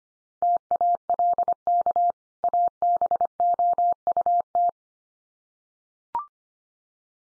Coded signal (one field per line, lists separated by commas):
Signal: Morse code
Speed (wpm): 25 wpm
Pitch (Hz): 700 Hz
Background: none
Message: TALK ABOUT